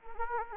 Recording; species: mosquito wingbeat signal from an infrared sensor; Anopheles arabiensis